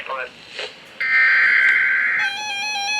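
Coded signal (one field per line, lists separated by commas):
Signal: Emergency Alert System (SAME) tones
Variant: header bursts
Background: speech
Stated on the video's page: Severe Thunderstorm Warning received on NOAA Weather Radio during a New England storm line.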